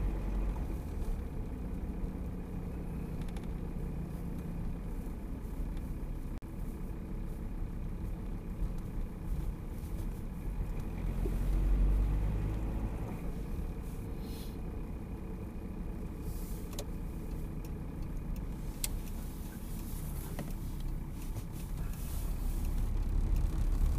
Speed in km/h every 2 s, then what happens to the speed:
32, 32, 26, 23, 22, 23, 27, 27, 26, 22, 15, 17.
2-5 slows to 23. 5-15 steady at about 23. 15-20 slows to 15.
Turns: none.